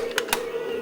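After a jam, a plastic deployment platform is pushed back into the body of a Star Wars MTT toy transport over a steady low hum. Two short, sharp clicks sound at 0.2 and 0.3 seconds as the platform seats fully in place.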